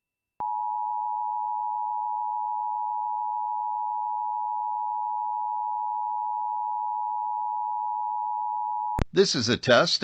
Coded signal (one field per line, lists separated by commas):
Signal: Emergency Alert System (SAME) tones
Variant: 853 and 960 Hz attention tone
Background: speech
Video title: EAS Tornado Drill Marquette, Michigan Statewide Drill (Required Monthly Test)